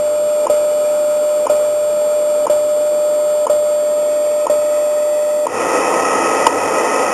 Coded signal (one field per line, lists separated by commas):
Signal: radio time signal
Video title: WWV at 25MHz - 2018